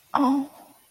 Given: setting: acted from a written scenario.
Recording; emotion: vocal sound without words; romantic love